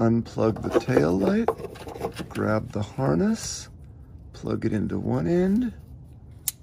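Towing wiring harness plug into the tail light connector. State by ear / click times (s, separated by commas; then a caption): seated / 6.5 s. A Curt towing wiring harness plug is pushed into the tail light connector on a Jeep TJ Wrangler after the tail light is unplugged. Someone talks throughout, then a single loud, sharp click is heard at 6.5 s as the harness plug seats.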